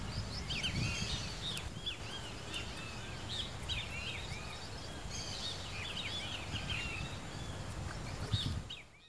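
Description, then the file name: Rusty-margined flycatcher song: repeated bursts of arched, squeaky notes, some bursts close together, over steady background hiss and low rumble. "canto do bentevizinho de asa ferruginea"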